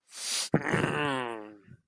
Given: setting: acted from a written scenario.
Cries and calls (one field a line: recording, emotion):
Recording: vocal sound without words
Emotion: anger